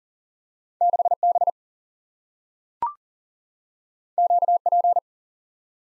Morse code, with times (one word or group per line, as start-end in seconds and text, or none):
0.8-1.1 6
1.2-1.5 B
4.2-4.6 Q
4.7-5.0 P